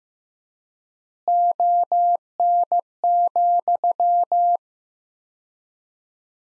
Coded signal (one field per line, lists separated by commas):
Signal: Morse code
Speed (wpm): 15 wpm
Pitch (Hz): 700 Hz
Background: none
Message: ON,